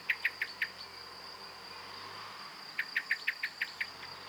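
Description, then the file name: Common blackbird hard clicking calls: four quick notes, a pause, then several more in a fast series, over a constant high-pitched hum. "Turdus merula"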